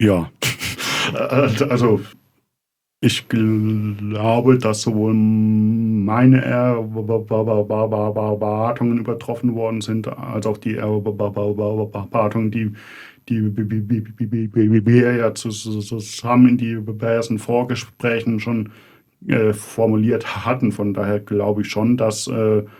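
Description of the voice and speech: An adult man speaking German with prolonged sounds, part-word repetitions and silent blocks, typical of stuttering.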